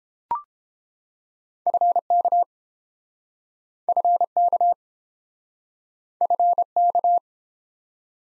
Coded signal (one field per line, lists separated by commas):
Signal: Morse code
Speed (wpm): 28 wpm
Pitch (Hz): 700 Hz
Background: none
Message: FK FK FK